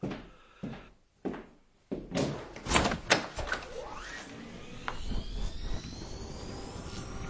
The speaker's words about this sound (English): A gust of air whirled round me as I opened the door.